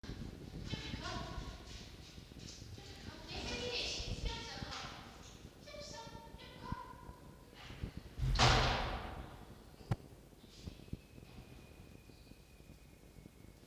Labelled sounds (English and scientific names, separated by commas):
Red Fox (Vulpes vulpes)